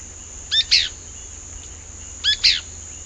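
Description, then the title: Pale-breasted spinetail giving a sharp two-part call, a short note then a buzzier one, repeated twice over a steady high hiss. Subspecies Synallaxis albescens josephinae, assumed from the location. "LuckyPassaro Completos2Sama. Pale-breasted Spinetail (Synallaxis albescens josephinae (ssp assumed from location))"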